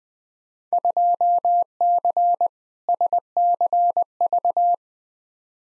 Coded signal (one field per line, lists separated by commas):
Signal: Morse code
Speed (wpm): 20 wpm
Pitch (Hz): 700 Hz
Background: none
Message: 2C SCV